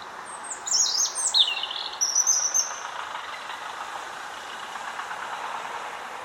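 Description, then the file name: European robin giving a quick, high, jangling phrase of thin descending notes and a short trill, over a low steady mechanical rumble that continues after it. "Erithacus rubecula"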